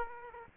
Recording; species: mosquito wingbeat signal from an infrared sensor; Aedes aegypti